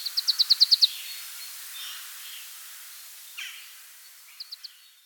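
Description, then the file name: Marsh tit delivering a quick string of several high, clipped notes, then a brief, softer three-note burst near the end over low background hiss. "Poecile palustris"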